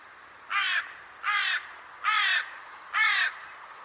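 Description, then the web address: Bird giving four harsh, hoarse calls, each about a third of a second long, at a steady pace over a quiet background. "cianscape birddata Deverinetal 2025 Bird Only Co Co Co Co"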